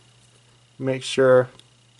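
A plastic arm piece of a Transformers Age of Extinction Deluxe Class Dinobot Slash robot figure is handled toward its slot in the figure's body while someone talks briefly from about 0.8 to 1.5 seconds over a steady low hum. Nothing has snapped or seated yet by the end of the clip.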